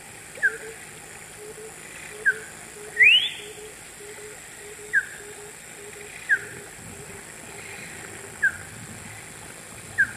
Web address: S America Eastern Lowlands Icterus croconotus, song